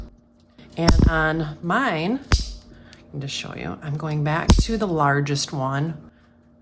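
Someone talks while turning the die size selector on a rotary hole punch back to its largest die size for the wallet material, with a few short taps and handling noises between the words. Nothing has seated or clicked into place yet.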